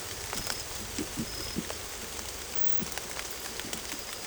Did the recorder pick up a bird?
no